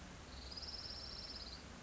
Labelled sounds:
Orange-crowned Warbler (Leiothlypis celata)

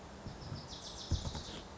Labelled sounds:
Wilson's Warbler (Cardellina pusilla)

